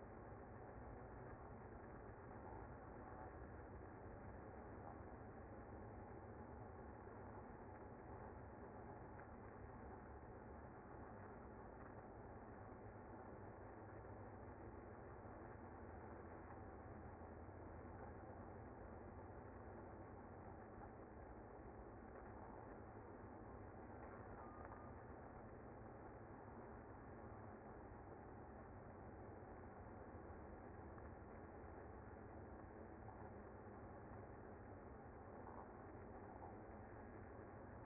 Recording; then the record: honeybee colony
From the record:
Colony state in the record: active